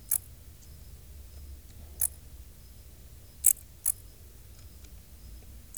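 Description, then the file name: Dark bush-cricket chirping: a few short, very high, hissing chirps at uneven intervals above faint low background noise. "Pholidoptera griseoaptera"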